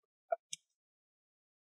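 A guitar pick is worked into a small gap at the side of the plastic bottom cover of a Lenovo Ideapad Gaming 3 15ARH05 laptop, prying the clips apart to peel the cover off. Two short, sharp clicks are heard at 0.3 s and 0.5 s, the first lower and fuller, the second brighter and higher. The bottom cover clips pop open and release from the chassis.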